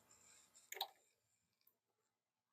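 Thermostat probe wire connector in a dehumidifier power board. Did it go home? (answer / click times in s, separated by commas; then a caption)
released / 0.7 s, 0.8 s. The locking tab on the defrost thermostat's wire connector is pressed and the connector is pulled up out of the power board header in a Quest 335 dehumidifier. After a soft rustle, sharp clicks ring out at 0.7 s and 0.8 s, followed by a few faint ticks. The connector is released and unlatched from the board.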